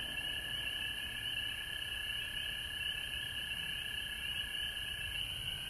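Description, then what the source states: Frogs in full chorus, a sustained shimmering trill with a lower steady tone that dips slightly near the end, no pauses throughout. Recorded at home in Georgia on March 19, 2020.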